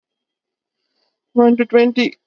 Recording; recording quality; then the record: counting at a normal pace; poor, much background noise or distortion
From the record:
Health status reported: recovered from COVID-19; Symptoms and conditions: cold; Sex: female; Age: 25 years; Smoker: not ticked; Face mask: worn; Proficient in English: yes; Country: India